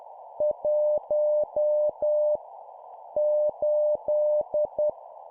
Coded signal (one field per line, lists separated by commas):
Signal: Morse code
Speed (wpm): 10 wpm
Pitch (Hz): 600 Hz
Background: none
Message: 1 8